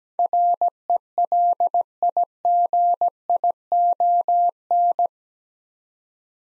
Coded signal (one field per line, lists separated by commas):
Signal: Morse code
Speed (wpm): 17 wpm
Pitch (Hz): 700 Hz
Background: none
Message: RELIGION